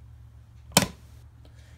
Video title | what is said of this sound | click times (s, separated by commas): Can Opener (Great 4 MOM's ✋🏽Arthritis) | You hear that click? You know that it is on here, see? | 0.8 s